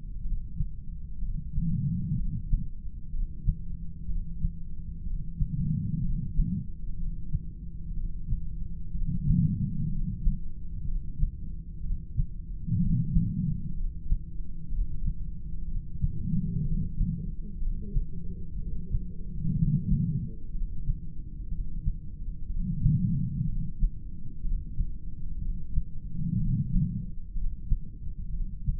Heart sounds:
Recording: heart sounds by stethoscope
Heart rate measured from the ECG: 62 bpm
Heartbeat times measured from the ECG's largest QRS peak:
0.24 s: heartbeat
1.21 s: heartbeat
2.18 s: heartbeat
3.12 s: heartbeat
4.08 s: heartbeat
5.06 s: heartbeat
6.03 s: heartbeat
6.99 s: heartbeat
7.96 s: heartbeat
8.94 s: heartbeat
9.91 s: heartbeat
10.87 s: heartbeat
11.83 s: heartbeat
12.80 s: heartbeat
13.76 s: heartbeat
14.71 s: heartbeat
15.67 s: heartbeat
16.64 s: heartbeat
17.61 s: heartbeat
18.58 s: heartbeat
19.56 s: heartbeat
20.54 s: heartbeat
21.51 s: heartbeat
22.49 s: heartbeat
23.47 s: heartbeat
24.44 s: heartbeat
25.41 s: heartbeat
26.39 s: heartbeat
27.36 s: heartbeat
28.33 s: heartbeat
From the record:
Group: heart failure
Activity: rest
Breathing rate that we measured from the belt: 17 breaths a minute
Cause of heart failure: non-ischemic cardiomyopathy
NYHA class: 1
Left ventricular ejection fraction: 25%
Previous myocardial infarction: absent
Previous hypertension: absent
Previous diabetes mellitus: absent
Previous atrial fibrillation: present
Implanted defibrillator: absent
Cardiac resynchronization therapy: absent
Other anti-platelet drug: absent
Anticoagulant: apixaban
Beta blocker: bisoprolol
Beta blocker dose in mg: 7.5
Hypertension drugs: sacubitril-valsartan, spironolactone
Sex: male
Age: 48 years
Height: 183 cm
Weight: 96 kg

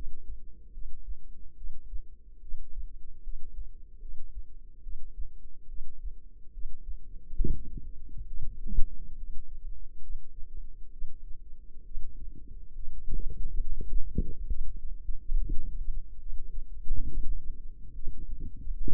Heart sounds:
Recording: heart sounds by microphone in the left ear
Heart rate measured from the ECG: 70 bpm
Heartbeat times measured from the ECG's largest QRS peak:
0.72 s: heartbeat
1.55 s: heartbeat
2.40 s: heartbeat
3.21 s: heartbeat
3.99 s: heartbeat
4.81 s: heartbeat
5.67 s: heartbeat
6.51 s: heartbeat
7.35 s: heartbeat
8.25 s: heartbeat
9.15 s: heartbeat
10.00 s: heartbeat
10.90 s: heartbeat
11.83 s: heartbeat
12.73 s: heartbeat
13.58 s: heartbeat
14.46 s: heartbeat
15.35 s: heartbeat
16.17 s: heartbeat
17.05 s: heartbeat
17.93 s: heartbeat
18.75 s: heartbeat
From the record:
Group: healthy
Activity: rest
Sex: female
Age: 22 years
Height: 160 cm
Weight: 45 kg

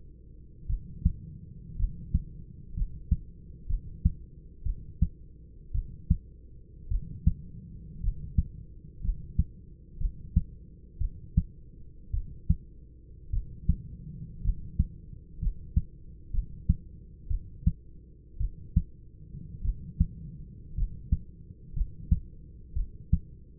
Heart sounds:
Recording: heart sounds by stethoscope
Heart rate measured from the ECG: 57 bpm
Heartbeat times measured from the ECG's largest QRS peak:
0.67 s: heartbeat
1.77 s: heartbeat
2.74 s: heartbeat
3.67 s: heartbeat
4.64 s: heartbeat
5.72 s: heartbeat
6.89 s: heartbeat
8.01 s: heartbeat
9.02 s: heartbeat
9.98 s: heartbeat
10.99 s: heartbeat
12.11 s: heartbeat
13.31 s: heartbeat
14.42 s: heartbeat
15.40 s: heartbeat
16.31 s: heartbeat
17.28 s: heartbeat
18.38 s: heartbeat
19.62 s: heartbeat
20.75 s: heartbeat
21.74 s: heartbeat
22.74 s: heartbeat
From the record:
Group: healthy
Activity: rest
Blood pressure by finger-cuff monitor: 121/57 mmHg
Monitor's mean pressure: 77 mmHg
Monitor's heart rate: 55 bpm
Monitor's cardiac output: 5.8 L/min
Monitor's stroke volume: 104 mL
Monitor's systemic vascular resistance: 950 dyn s/cm5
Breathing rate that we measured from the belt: 10 breaths a minute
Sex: male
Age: 25 years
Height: 170 cm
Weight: 70.4 kg

